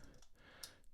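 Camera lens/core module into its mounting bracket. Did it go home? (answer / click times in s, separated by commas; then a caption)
partly / 0.6 s. The lens/core module of an Insta360 ONE R modular action camera is slid onto its mounting frame, its grip tabs slotting in. A faint tick at about 0.2 s is followed by a sharp click at 0.6 s. The camera powers on, but the module feels a little off and may not be all the way in.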